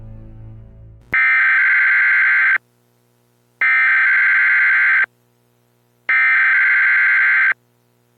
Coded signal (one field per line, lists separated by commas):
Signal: Emergency Alert System (SAME) tones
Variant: header bursts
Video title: SCP-049 Containment Breach; An EAS Scenario